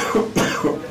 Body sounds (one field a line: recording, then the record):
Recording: coughing mixed with background sound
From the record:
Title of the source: Spring Cold Coughing 3